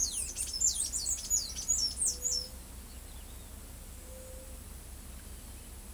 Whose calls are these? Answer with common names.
Palm Tanager